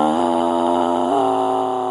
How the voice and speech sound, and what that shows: Sound of a vocal nodule, also known as a node.